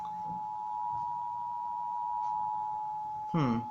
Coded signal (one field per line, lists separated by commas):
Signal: Emergency Alert System (SAME) tones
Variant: 853 and 960 Hz attention tone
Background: speech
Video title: EAS - Spectrum - Flood Warning for Lake George NY - 4.23.2019